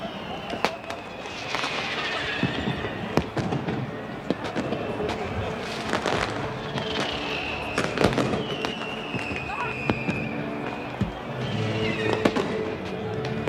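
An impressive fireworks display bursting at about 300 metres altitude over Berlin: a steady barrage of sharp cracks and booms with whistling rising tones, continuous throughout, with a crowd murmuring underneath.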